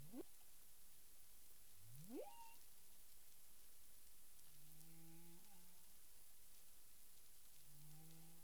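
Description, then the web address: Humpback whale sounds: two steep rising upsweeps, then longer flat low moans with faint higher tones layered above, against continuous background hiss. Recorded 9 April 2002 at 18:48 UTC. "humpback whale 20020409 184853 UTC"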